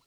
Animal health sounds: pig call; piglet (1 to 25 days)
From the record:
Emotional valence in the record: positive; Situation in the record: reunion after long isolation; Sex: male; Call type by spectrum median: high-frequency call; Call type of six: low-frequency tonal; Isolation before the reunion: 8 minutes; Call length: 0.07 s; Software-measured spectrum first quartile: 978 Hz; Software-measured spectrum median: 3268 Hz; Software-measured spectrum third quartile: 6593 Hz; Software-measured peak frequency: 999 Hz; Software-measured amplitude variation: 19 dB a second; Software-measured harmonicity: 1.2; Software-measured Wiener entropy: -1.01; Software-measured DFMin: 851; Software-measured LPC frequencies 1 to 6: 1091, 2986, 4057, 5487, 6907, 8292 Hz

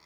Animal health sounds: pig call; piglet (1 to 25 days)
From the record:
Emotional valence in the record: positive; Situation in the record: reunion after long isolation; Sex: male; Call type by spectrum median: high-frequency call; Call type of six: low-frequency tonal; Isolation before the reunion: 8 minutes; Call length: 0.06 s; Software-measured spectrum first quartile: 1241 Hz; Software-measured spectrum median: 2730 Hz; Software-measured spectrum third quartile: 5007 Hz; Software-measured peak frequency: 972 Hz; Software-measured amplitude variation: 5 dB a second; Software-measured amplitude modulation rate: 8.1 a second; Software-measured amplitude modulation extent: 0.6 dB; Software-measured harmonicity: -1.2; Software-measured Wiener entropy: -1.03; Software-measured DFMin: 1041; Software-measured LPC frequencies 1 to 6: 1036, 2109, 3492, 4631, 5499, 6517 Hz

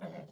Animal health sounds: pig call; piglet (1 to 25 days)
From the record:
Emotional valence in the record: negative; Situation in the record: short isolation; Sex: female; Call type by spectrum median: low-frequency call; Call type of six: low-frequency stable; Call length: 0.33 s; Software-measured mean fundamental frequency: 52 Hz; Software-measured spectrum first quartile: 193 Hz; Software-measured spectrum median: 423 Hz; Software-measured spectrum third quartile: 702 Hz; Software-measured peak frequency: 182 Hz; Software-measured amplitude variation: 156 dB a second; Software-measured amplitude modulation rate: 16.9 a second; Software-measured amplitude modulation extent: 9.2 dB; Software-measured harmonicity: 3.0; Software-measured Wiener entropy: 0.02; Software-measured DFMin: 592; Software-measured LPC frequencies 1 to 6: 611, 1531, 2086, 3499, 4553, 5453 Hz

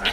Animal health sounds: pig call; piglet (1 to 25 days)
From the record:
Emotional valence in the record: negative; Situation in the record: crushing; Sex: female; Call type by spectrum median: low-frequency call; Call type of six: low-frequency tonal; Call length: 0.13 s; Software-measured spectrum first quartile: 1171 Hz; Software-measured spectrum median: 2265 Hz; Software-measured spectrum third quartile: 3091 Hz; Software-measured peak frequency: 2905 Hz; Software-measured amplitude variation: 135 dB a second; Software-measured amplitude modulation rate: 3.8 a second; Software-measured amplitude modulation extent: 35.8 dB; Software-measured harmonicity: -1.5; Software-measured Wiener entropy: -1.00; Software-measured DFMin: 737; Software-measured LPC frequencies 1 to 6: 700, 1499, 2197, 2893, 5083, 5907 Hz

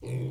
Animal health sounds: pig call; weaner (32 to 43 days)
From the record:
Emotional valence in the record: negative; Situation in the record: novel object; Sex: female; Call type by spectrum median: low-frequency call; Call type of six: low-frequency stable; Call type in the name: low-frequency stable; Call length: 0.30 s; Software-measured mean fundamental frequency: 62 Hz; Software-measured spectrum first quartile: 128 Hz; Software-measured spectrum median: 192 Hz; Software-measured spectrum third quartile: 503 Hz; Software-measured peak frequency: 131 Hz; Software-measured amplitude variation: 88 dB a second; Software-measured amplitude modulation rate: 18.0 a second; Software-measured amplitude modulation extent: 4.9 dB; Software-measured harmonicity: 5.0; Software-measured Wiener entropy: -0.60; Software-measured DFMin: 1115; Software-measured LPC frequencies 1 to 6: 2359, 3397, 4015, 5625, 7552, 8624 Hz

